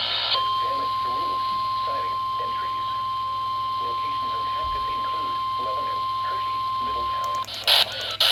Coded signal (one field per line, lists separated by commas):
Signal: Emergency Alert System (SAME) tones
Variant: 1050 Hz attention tone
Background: speech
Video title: Dark n Stormy Night. | EAS Alerts from 9/21-22/24 | EAS#1,518-1,582